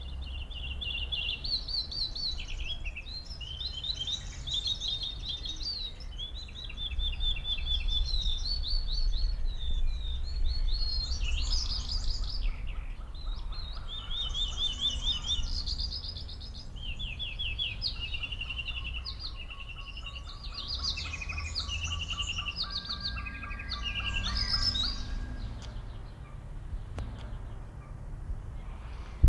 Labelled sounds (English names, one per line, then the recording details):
Crested Lark
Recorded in captivity
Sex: male
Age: adult
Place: Zoo Dresden, Sachsen, DE
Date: 1993-05-17 17:09
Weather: heiter, 25 °C
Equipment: Marantz CP 430, Sennheiser ME 80, Kopie Uher Variocord 263
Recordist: Tembrock, Günter